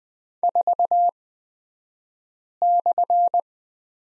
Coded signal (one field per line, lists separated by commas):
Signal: Morse code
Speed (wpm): 20 wpm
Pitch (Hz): 700 Hz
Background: none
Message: 4/